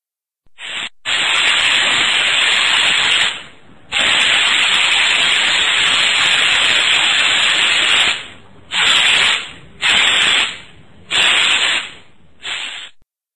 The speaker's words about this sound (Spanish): Un rociador de pintura en spray.